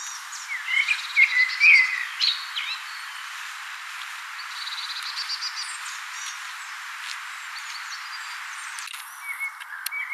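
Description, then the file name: Common blackbird delivering one fluty warbled phrase with high twittering ending early on, then a quieter stretch with faint high notes and a brief sharp sound near the end. "Turdus merula"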